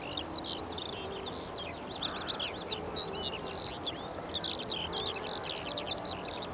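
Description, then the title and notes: Eurasian skylark singing a dense, unbroken flow of sharp twittering and warbled high notes, with a brief lower harsh sound at about two seconds. Singing while descending, late summer evening, Eggardon Hill hillfort, Dorset. "Eggardon Hill, Dorset. A Skylark sings and descends. Recorded by Ezra Gray"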